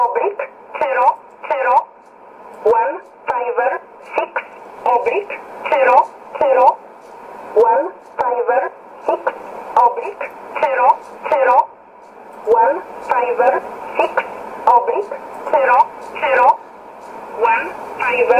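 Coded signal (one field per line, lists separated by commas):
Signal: numbers station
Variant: E11 Oblique, English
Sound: voice reading short words at a steady pace over radio hiss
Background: radio static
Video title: 27 07 2017 Numbers station E11 Oblique in English to Eu 0845 on 12202 in USB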